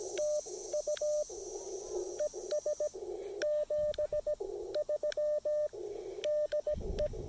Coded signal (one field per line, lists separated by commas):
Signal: Morse code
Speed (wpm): 18 wpm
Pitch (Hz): 600 Hz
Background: radio noise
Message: TU ES 73 DE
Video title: POTA Field Report: Dodging QRM and working QRP DX at Lake James State Park!